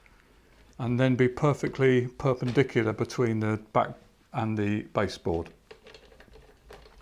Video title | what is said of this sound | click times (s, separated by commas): Intrepid 8x10 - Unboxing, Assembling & First Impressions | If I take it beyond vertical and then push it forward again, it should kind of click into place | 0.1 s